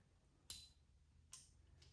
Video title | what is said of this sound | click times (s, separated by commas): Which Ratchet Do You Actually Need? A Beginner's Guide to Sizes and Features | You hear that click? | 0.5 s